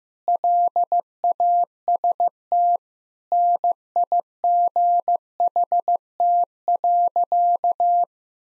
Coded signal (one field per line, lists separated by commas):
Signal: Morse code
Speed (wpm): 15 wpm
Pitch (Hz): 700 Hz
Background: none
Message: LAST NIGHT.